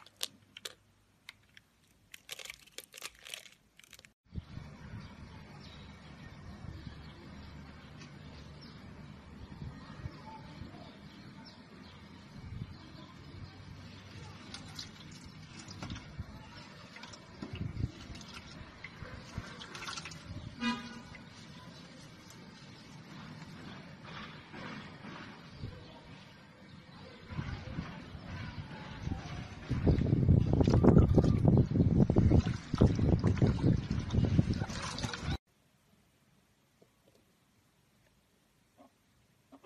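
Soap carving: after a few sparse clicks, a steady, dense scraping and rasping begins around four seconds and runs without pause. Near thirty seconds a heavier, lower rubbing swells louder, then everything stops abruptly at thirty-five seconds, leaving quiet.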